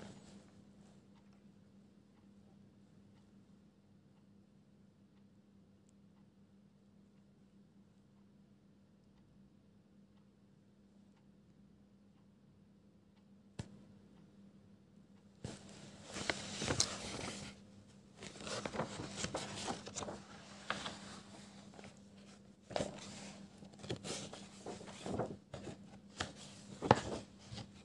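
A low steady hum fills a quiet stretch, then after a single tap, pencil scribbling starts around fifteen seconds in dense, scratchy, irregular bursts.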